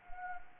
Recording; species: mosquito wingbeat signal from an infrared sensor; Anopheles gambiae